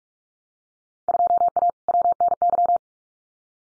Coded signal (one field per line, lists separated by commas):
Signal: Morse code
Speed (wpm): 44 wpm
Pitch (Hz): 700 Hz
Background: none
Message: 2A WNY